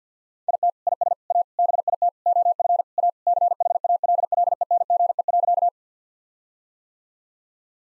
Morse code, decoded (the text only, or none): IT IS A BIT OF A CHALLENGE.